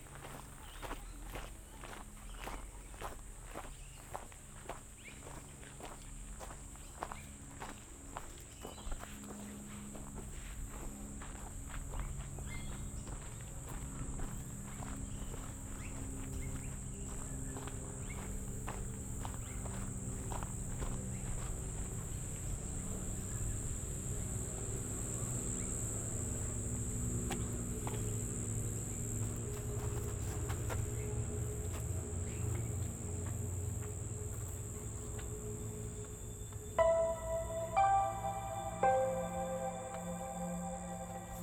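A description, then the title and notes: Footsteps crunch steadily along a forest track, regular, over a constant high whine of insects. A low rumble swells through the middle of the walk, and near the end a few brighter tonal calls, likely birds, ring out briefly. A short walk through the forest in Walkabout creek, around 12 Kilometers outside Brisbane. There's plenty of nature sounds, and some other signs of human activity too.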